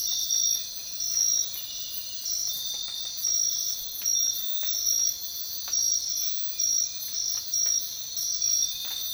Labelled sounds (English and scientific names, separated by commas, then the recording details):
none
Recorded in dense forest near Puerto Asís, Putumayo, Colombia, on 13 March 2025 at 05:30
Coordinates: 0.500, -76.322
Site GP06